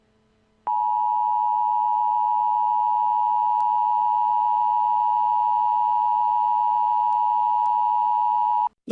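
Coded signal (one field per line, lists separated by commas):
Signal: Emergency Alert System (SAME) tones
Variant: 853 and 960 Hz attention tone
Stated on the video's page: Fictional EAS scenario; simulated alert tones, not a real broadcast.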